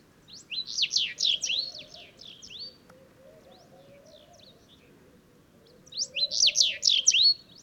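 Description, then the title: Sahara bunting song: a short, rapid phrase of high, sweeping notes ending in a level whistle, given twice a few seconds apart over a low steady hum. Several birds singing at sunrise, unseen among stone rubble in the ruins of an old town, Wadan, Mauritania, 23 February 2019; recorded with a Telinga parabola and MixPre-3 recorder. "Bruant du Sahara - Mauritanie"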